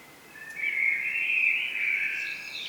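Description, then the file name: Common blackbird giving one sustained, slightly wavering fluted phrase that rises into higher notes at the end. "Turdus merula"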